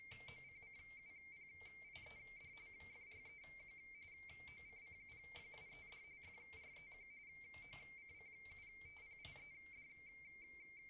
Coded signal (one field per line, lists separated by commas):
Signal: RTTY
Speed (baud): 45.45 baud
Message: OCCUPIED FREQ OCCUPIED FREQ OCCUPIED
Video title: Mad Cave - Radio - CQ WPX RTTY contest - 2024